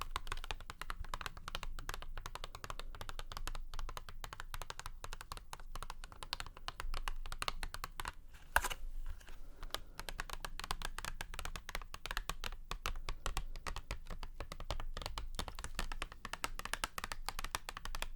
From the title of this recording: Tapping